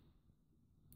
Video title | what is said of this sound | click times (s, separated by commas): Victorinox Spartan - Restauration - Teil 1 | es macht auch wieder dieses Victorinox typische Klackgeräusch ihr habt das gehört | 0.9 s